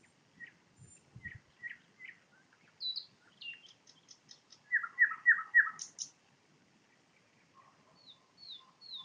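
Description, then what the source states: Nightingale song: spaced chirps, a quick series of clicks, loud descending repeated notes, then soft low piping and high slurred whistles. Recorded in Poland with a parabolic microphone.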